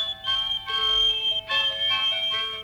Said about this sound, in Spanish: Preciosas cajitas de música.